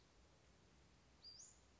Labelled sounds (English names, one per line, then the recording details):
Western Flycatcher
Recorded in Sonoma County, California